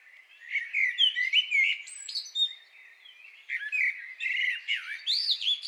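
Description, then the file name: Common blackbird warbling rapidly with slurred notes and high chirps, a brief lull, then more rich, twittering phrases. "Turdus merula"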